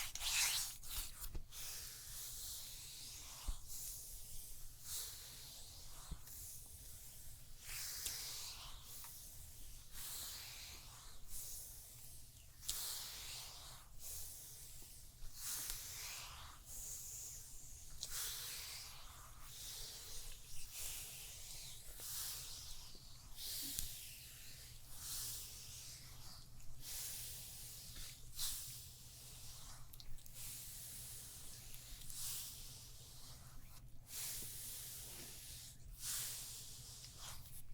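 A neck and shoulder massage with no talking, made of repeated bright, hissing rubs and swishes that come in bursts about once a second or two. The strokes are soft and fairly regular throughout, over a steady low hum underneath.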